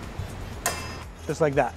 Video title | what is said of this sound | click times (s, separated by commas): Toyota 3 Wheel Electric Forklift - Walk Around Video -- Liftow Ltd. | then when you turn the pin back and down it'll fall and click into place just like that | 0.7 s